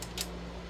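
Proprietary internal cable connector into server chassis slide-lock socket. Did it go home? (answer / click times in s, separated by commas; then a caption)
no / none. One of three proprietary internal cable connectors is pushed along its slide-lock track into its socket in a Dell PowerEdge R730-XD server chassis. Two brief faint ticks occur at about 0.0 s and 0.2 s over a steady low hum. The connector fails to snap home, and nothing has seated or clicked yet.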